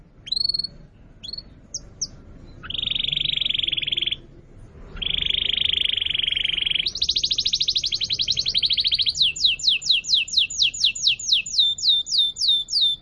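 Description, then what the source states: Atlantic canary singing: a few sharp notes, then two long buzzy rolled trills, a rapid chattering trill, and finally a run of repeated downslurred whistles. Song used as a lure to attract birds.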